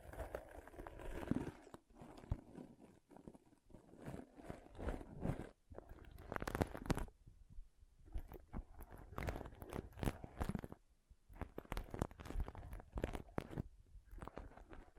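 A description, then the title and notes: Pom poms are rustled and squished in irregular crackly bursts, some louder and fuller, separated by brief near-silent pauses throughout. ASMR Ultimate Pom Pom Tingles (No Talking).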